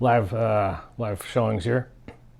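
An arrow shaft is handled at a Goat Tuff fletching jig, being lined up in the notches of the holder before it is pressed down to snap and lock into place. Someone talks over most of the clip, and a brief faint tap is heard near 2.1 s. Nothing has seated or clicked into place yet.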